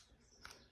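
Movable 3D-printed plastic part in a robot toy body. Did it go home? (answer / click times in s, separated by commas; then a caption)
yes / 0.4 s. A movable 3D-printed plastic part in the body of a robot toy is pulled out a little until it clicks into a detent in its extended position. A short, sharp click is heard at 0.4 s over quiet background noise. The part is seated and now holds in position.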